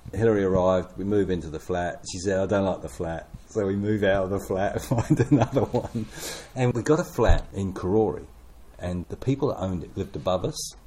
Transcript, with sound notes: Hilary arrived, we move into the flat; she said, “I don’t like the flat.” So we move out of the flat [chuckle] and find another one. And we got a flat in Karori, and the people that owned it lived above us.